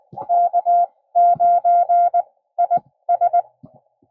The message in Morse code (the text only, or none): K9IS